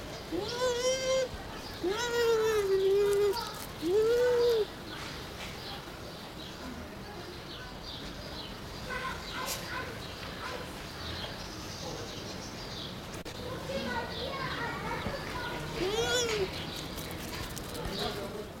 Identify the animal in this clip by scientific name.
Speothos venaticus